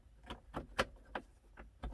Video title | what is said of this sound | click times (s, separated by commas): Upgrade Interior Lights To LED [Step by Step Installation Guide] | It just pops right in. | 0.8 s, 1.2 s